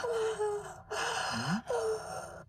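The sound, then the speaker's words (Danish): A voice moans three times in a steady, evenly spaced rhythm, recorded in time to a metronome. Each breathy, drawn-out moan slides slightly downward in pitch, with short pauses between them and no talking. “Jeg har så ligesom stønnet til en metronom, sådan, så det alt sammen er i time.”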